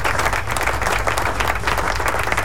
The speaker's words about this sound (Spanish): Miren, el 28, todo lo que me están escuchando en AC Rock, el 28 de mayo comienza los jueves a las 10 de la noche, comienza AZ Loud. Así que aplauso.